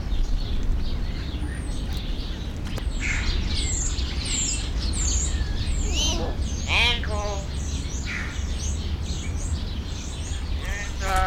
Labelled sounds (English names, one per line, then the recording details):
Common Hill Myna
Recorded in captivity
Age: adult
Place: Zoo Berlin, Berlin, DE
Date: 1993-01-30
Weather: -6° C, sonnig
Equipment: Marantz CP 430, Sennheiser ME 80, Kopie Uher Variocord 263
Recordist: Tembrock, Günter